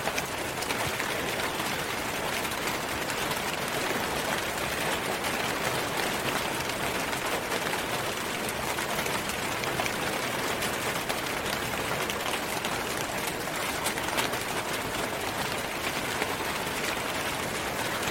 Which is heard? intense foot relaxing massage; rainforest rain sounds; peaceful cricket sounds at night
rainforest rain sounds